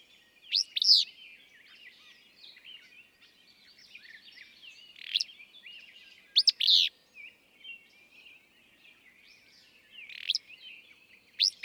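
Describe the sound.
Willow flycatcher singing a buzzy, burry two-note phrase at uneven intervals, four phrases in all, over a faint twittering background of other birds.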